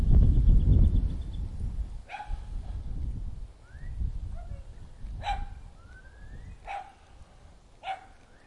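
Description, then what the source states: Dog barking in single sharp barks spaced a second or more apart, after a loud low rumble, with short whistled bird notes between barks. Suburban atmosphere with a dog and birds.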